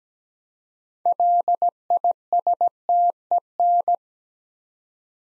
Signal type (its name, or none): Morse code